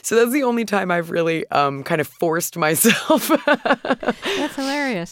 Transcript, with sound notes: So that's the only time I've really kind of forced myself (laughter).
That's hilarious.